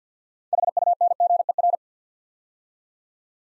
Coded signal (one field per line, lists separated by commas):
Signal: Morse code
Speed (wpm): 50 wpm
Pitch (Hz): 700 Hz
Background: none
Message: HUNGER